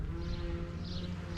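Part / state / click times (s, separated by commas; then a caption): wiring connector halves on a boat trim tab actuator harness / not seated / none. Plastic wiring connector halves on a boat trim tab actuator harness are handled before being pushed together. Only a steady low hum with faint tonal lines is heard, with no sharp click. Nothing has seated or clicked yet.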